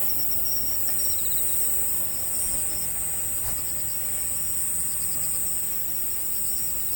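Crickets keep up a dense high trill, rhythmic pulsed chirps weaving through, plus one brief click.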